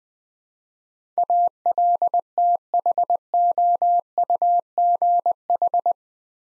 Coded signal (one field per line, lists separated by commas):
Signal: Morse code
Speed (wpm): 20 wpm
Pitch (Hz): 700 Hz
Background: none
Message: ALTHOUGH